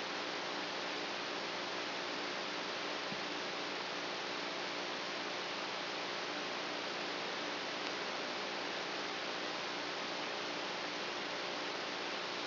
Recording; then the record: brain microelectrode recording played as sound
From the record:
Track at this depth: outside the subthalamic nucleus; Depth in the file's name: -1.109 mm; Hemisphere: right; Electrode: 3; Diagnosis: Parkinson's disease